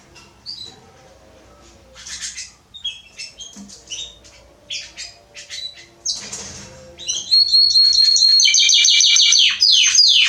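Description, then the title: Belgian canary song, varied chirps and whistles building into a loud, rapid rolling trill toward the end. Male Belgian canary singing a lot, used to warm up young birds in thirty minutes, for song training. "Esquente Seu Filhote E Canario Belga Em 30 Minutos Macho Cantando Muito"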